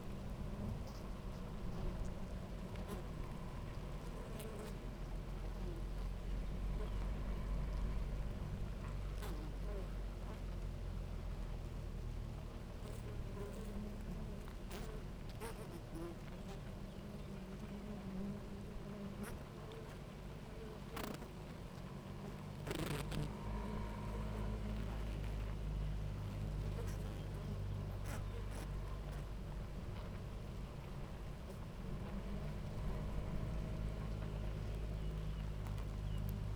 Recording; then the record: honeybee colony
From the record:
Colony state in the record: active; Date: 28 July 2017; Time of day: 10:52